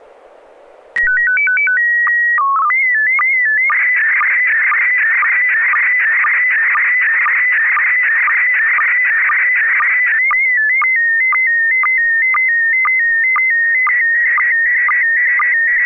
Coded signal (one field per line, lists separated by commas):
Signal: SSTV (slow-scan television)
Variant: PD 120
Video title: N6NA SSTV Net - 10/12/2022